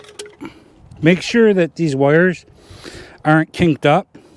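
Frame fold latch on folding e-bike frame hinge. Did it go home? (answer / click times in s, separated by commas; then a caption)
no / none. Someone handles the frame fold latch on the hinge of an Aventon Sinch folding e-bike, with a few faint clinks near the start, while someone talks. The frame latch has not snapped shut or seated yet; nothing has clicked.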